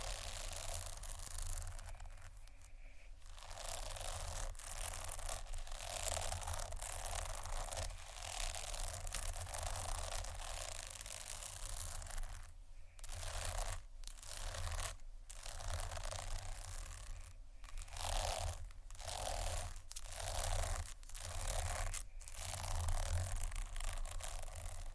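Fast tapping and scratching fill the whole clip with a dense, busy texture of quick strokes and rough scraping. Short gaps break the flow around 3, 13, 15 and 17 to 22 seconds, and a steady low hum runs underneath throughout.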